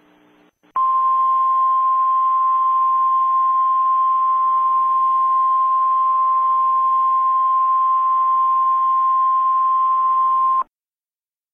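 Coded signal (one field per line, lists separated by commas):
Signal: Emergency Alert System (SAME) tones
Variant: 1050 Hz attention tone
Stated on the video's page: Fictional EAS scenario remake based on SCP Foundation content.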